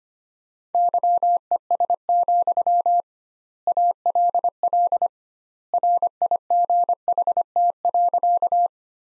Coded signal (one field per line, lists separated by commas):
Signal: Morse code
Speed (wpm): 25 wpm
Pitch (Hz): 700 Hz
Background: none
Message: YES, ALL RIGHT.